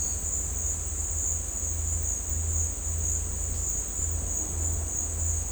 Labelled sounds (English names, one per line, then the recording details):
none
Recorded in dense forest near Puerto Asís, Putumayo, Colombia, on 21 December 2024 at 12:30
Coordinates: 0.466, -76.327
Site G075